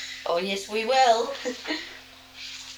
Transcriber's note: laughs